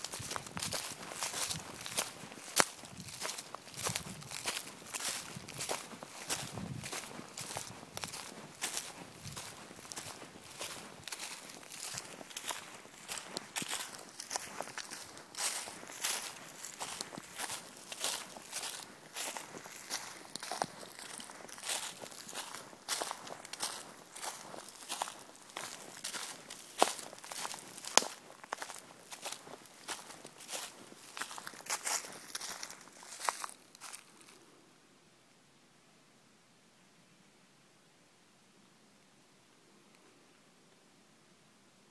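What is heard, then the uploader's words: Footsteps crunch steadily on a forest walk in Bergerac, France, for about 34 seconds, then stop, leaving only a faint, quiet hiss. Forrest Walk in Bergerac, France.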